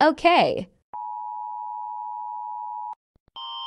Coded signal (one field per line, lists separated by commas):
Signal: Emergency Alert System (SAME) tones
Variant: 853 and 960 Hz attention tone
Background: speech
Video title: Rating EAS Alarms based on how scary they are (Part 1)